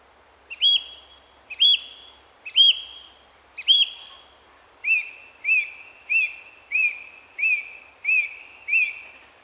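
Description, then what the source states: Song Thrush song: one whistled phrase repeated four times about once a second, then a second, slightly lower phrase repeated seven times in a steady rhythm. Phrases repeated, repetition characteristic of the species; one phrase likened to 'pieces of eight'.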